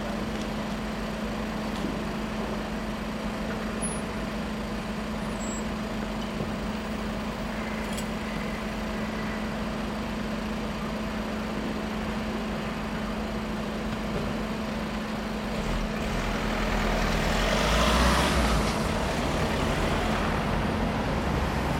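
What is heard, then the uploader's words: Traffic at the corner of Mortimer Street and Berners Street in London, a steady low rumble of engines with a persistent mid hum throughout. Around seventeen seconds a vehicle grows louder, adding a brighter whoosh that peaks near eighteen seconds before easing off. Mortimer Street London. I was early for a job in Central London so was waiting on the corner of Mortimer Street and Berners Street to kill some time, or rather, make a field recording.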